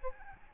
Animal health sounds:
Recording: mosquito wingbeat signal from an infrared sensor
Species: Aedes albopictus

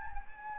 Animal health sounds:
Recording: mosquito wingbeat signal from an infrared sensor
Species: Anopheles gambiae

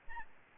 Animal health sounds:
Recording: mosquito wingbeat signal from an infrared sensor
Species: Aedes albopictus

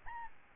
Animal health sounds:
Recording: mosquito wingbeat signal from an infrared sensor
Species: Aedes albopictus

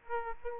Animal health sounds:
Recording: mosquito wingbeat signal from an infrared sensor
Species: Aedes aegypti

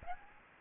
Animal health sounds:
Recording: mosquito wingbeat signal from an infrared sensor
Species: Aedes aegypti

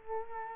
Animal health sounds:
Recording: mosquito wingbeat signal from an infrared sensor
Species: Culex quinquefasciatus

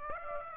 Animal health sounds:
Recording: mosquito wingbeat signal from an infrared sensor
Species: Aedes aegypti

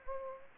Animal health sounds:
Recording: mosquito wingbeat signal from an infrared sensor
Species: Anopheles gambiae

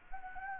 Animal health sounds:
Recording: mosquito wingbeat signal from an infrared sensor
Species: Anopheles gambiae

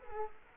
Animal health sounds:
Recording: mosquito wingbeat signal from an infrared sensor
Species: Culex quinquefasciatus

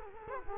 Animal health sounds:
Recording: mosquito wingbeat signal from an infrared sensor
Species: Culex quinquefasciatus

